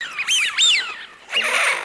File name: Свиязь Fischione